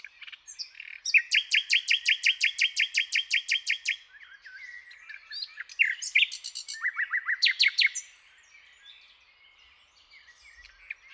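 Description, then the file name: Common nightingale song: a fast, loud repeated rattle of about twenty notes, then softer varied whistles and a second rapid burst of descending notes. "Luscinia megarhynchos"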